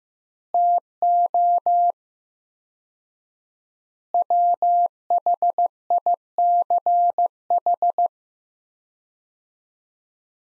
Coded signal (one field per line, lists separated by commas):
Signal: Morse code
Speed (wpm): 15 wpm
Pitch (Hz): 700 Hz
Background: none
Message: TO WHICH